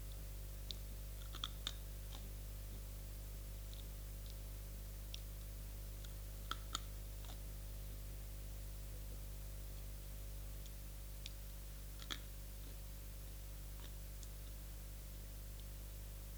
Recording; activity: daily activity, guitar pickup as the sensor; eat